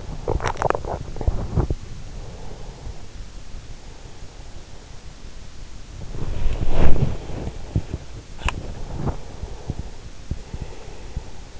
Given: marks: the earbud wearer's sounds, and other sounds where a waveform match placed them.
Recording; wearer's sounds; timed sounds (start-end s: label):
sounds in sleep by an in-ear microphone; body movement, breath
0.00-9.31 s: body movement
2.16-4.90 s: breath
8.68-11.60 s: breath